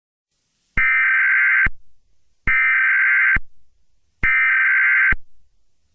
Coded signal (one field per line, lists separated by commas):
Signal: Emergency Alert System (SAME) tones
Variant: header bursts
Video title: EAS Scenario: Ghost Formula 1 the bad guys First 6 Opening scene